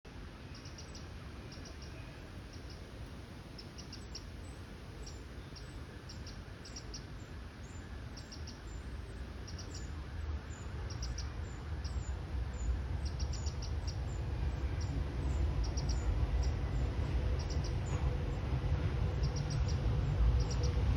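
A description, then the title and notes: A little bird by a river gives quick high chirps in short bursts over a steady low rushing roar that slowly grows louder. There’s a little bird on the bank of a river it’s very far away and maximum zoomed in. The wag tail is walking along wagging it’s tail.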